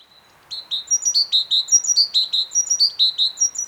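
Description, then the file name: Great tit giving a steady, rapid series of bright, high chipped notes, several per second, continuing for about three seconds over a quiet background. "Parus major"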